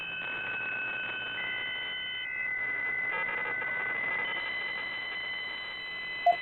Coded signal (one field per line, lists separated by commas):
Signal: PSK63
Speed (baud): 62.5 baud